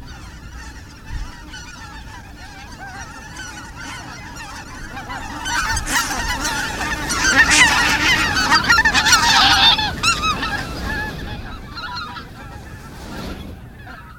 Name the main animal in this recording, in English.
Greater White-fronted Goose